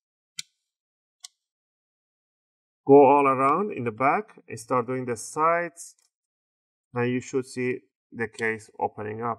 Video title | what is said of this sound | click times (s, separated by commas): How to upgrade Hp X360 14 DY series SSD HDD | again one or two clicks | 0.4 s, 1.2 s